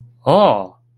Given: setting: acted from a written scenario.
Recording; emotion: vocal sound without words; positive surprise